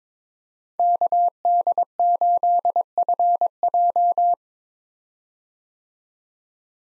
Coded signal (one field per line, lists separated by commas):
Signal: Morse code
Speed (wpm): 22 wpm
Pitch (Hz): 700 Hz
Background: none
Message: KD8FJ